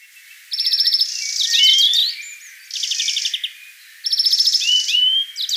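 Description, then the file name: European greenfinch song in three bursts, the first and last each a fast rattling trill merging into buzzy twitters and a rising whistled note, the middle a shorter buzz and trill. "Chloris chloris"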